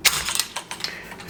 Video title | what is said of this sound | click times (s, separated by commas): Resize a FrameWorx Sign to Fit in Luggage | it just snaps into place. | 0.4 s